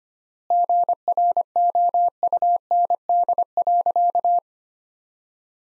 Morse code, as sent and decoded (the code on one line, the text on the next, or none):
--. .-. --- ..- -. -.. .-.-.-
GROUND.